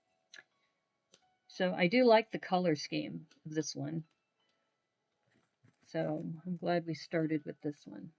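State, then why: Seated. Standard LEGO click-hinge pieces are pushed into the side of a beat box, giving sharp plastic clicks at 0.3 s and 0.4 s, with a faint tick at 1.1 s. The hinges snap in and seat, and then someone talks.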